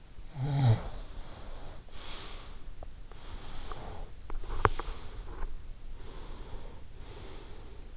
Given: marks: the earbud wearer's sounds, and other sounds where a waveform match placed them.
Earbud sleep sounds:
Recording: sounds in sleep by an in-ear microphone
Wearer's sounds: snoring breath, teeth grinding, breath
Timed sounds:
0.26-2.52 s: snoring breath
2.52-5.75 s: teeth grinding
3.22-5.42 s: breath
6.14-7.97 s: breath

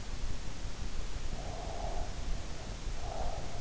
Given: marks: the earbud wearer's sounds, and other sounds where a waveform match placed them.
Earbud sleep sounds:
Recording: sounds in sleep by an in-ear microphone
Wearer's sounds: breath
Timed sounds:
0.91-3.60 s: breath

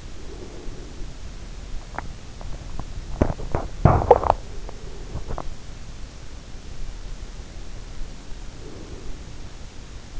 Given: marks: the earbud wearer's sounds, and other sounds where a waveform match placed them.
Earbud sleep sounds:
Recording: sounds in sleep by an in-ear microphone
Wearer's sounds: breath, swallowing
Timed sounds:
0.00-1.64 s: breath
1.87-5.88 s: swallowing
8.11-10.20 s: breath

